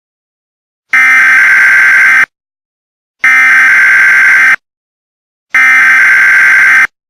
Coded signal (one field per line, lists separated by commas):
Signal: Emergency Alert System (SAME) tones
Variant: header bursts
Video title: EAS Scenario: San Diego Madness